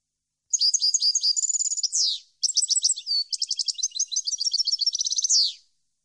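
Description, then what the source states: European goldfinch singing two back-to-back high twittering phrases, liquid trills and quick chirps, each closing with a falling slur, on a clean silent background. Clean song compiled on a CD, intended for birds to copy.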